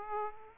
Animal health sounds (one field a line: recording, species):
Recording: mosquito wingbeat signal from an infrared sensor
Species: Aedes aegypti